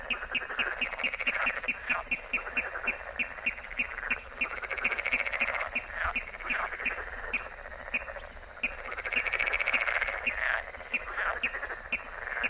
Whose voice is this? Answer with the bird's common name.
Water Rail